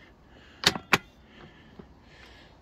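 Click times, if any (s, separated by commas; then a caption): 0.7 s, 0.9 s. The carry handle of a Silver Cross Simplicity Plus infant car seat, used with an Isofix base, is gripped on both sides and pulled back to fold it. Two sharp clicks sound at 0.7 s and 0.9 s, with a faint tick between them, as the handle locks into place.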